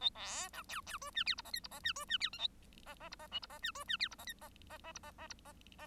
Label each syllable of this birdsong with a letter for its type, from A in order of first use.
A B C D D E F G H I J H I F E F G K A I I H I L H I F E F G H I J I I I H I I H I I